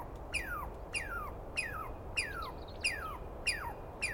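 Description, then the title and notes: Douglas squirrel calls, seven drawn-out descending slurs with bright, harmonic-rich onsets, repeated about every six-tenths of a second. Wild Douglas pine squirrel screaming at length at dawn on the morning of 21 April 2017 in the East Cascades; identified by its sound, not seen well. "Interview With The Chipmunk. On the morning of 21 April, 2017, I set up my microphones and recorder for a nice dawn recording in the East Cascades. I was started awake by a screaming Douglas Pine Squirrel"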